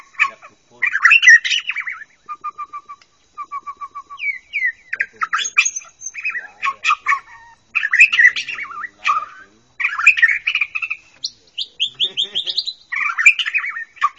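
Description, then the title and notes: Bird song: varied, chattering phrases with rapid trills, short repeated pipes and high sweeping whistles, broken by brief pauses throughout. "Kicau Burung Lengkap"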